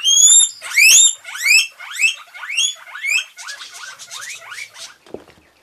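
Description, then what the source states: Guinea pig whistling: a rapid series of loud rising squeals, the first ones longest and strongest, then shorter and fainter, ending in a soft thump. Loud whistling from guinea pigs at a pet shop; they start to whistle when hungry.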